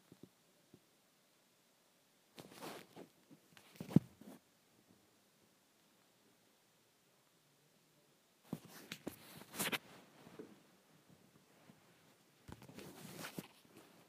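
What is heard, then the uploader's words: Swishing around the microphone comes in bursts of rough, rustling noise, around 2.5–4 seconds, again from about 8.5 to 10.5 seconds, and once more near 12.5–14 seconds. Between bursts it falls nearly silent, with only a few faint taps. ASMR Swishing around the Microphone.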